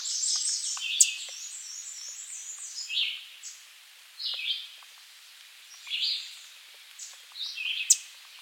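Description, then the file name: American redstart song: several brief high phrases, each a quick run of thin notes. A high chatter sounds at the start, with occasional sharp clicks. "Setophaga ruticilla - American Redstart"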